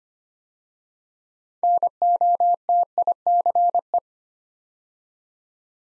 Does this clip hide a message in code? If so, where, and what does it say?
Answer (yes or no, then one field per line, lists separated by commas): yes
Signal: Morse code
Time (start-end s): 1.6-4.0 s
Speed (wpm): 25 wpm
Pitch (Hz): 700 Hz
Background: none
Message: NOTICE